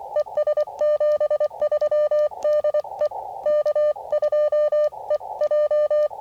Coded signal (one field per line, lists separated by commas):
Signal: Morse code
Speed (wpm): 23 wpm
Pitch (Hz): 590 Hz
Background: none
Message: ES 73 DE K2EJ